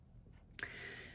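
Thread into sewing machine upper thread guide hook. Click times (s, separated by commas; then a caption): 0.6 s. Upper thread on a sewing machine is passed into the upper hook thread guide, and a sharp, short click at 0.6 s marks the thread snapping in and being caught inside. A faint broadband hiss lingers after the click. The thread is seated in the guide.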